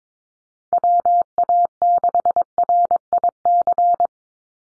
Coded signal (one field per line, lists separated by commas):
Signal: Morse code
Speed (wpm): 22 wpm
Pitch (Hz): 700 Hz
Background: none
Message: WA6RIC